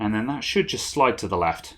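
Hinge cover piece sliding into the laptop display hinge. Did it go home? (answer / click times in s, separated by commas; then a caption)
no / none. A hinge cover piece is being handled during a MacBook Air screen hinge repair to fix a wobbly display, about to be slid to the left into the laptop's display hinge while someone talks. Nothing has seated or clicked yet.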